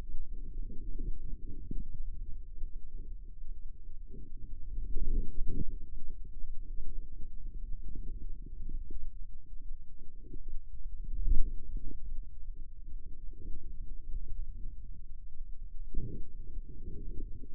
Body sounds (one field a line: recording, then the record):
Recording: forearm muscle sounds (acoustic myography)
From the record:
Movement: radial deviation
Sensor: system 2, bracelet of six BSWA MPA416 microphones around the upper forearm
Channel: 5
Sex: female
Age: 25 years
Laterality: right